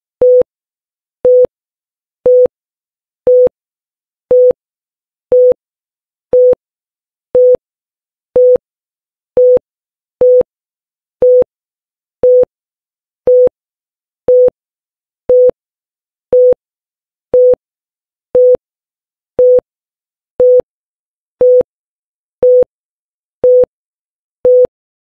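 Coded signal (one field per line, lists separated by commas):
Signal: none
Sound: countdown timer's beeps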